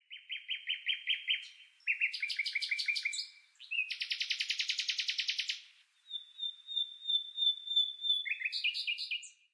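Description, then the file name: Common nightingale song: rapid repeated chirping notes, a fast churring rattle of identical pulses, then a long pure sustained whistle followed by more quick varied phrases, on a quiet background. "Nachtigall"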